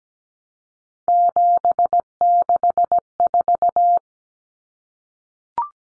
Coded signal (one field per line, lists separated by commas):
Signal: Morse code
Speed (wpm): 17 wpm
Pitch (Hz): 700 Hz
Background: none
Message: 764